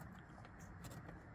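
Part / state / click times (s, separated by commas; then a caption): sun visor wiring connector into vehicle harness connector / not seated / none. The electrical plug of an aftermarket sun visor is lined up and pushed one-handed toward the Honda CR-V's wiring harness connector, with faint handling rustles over a steady low background rumble. Nothing has seated or clicked yet.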